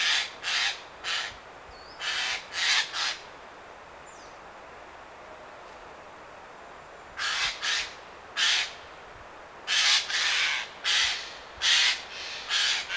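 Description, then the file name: Eurasian jay screeching in rasping bursts, a cluster early on, a silent gap, then a busier run of harsh calls. "Garrulus glandarius"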